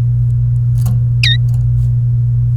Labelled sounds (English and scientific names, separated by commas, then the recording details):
Domestic Canary (Serinus canaria) song
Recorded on 28 April 2018 at 15:44
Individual llb3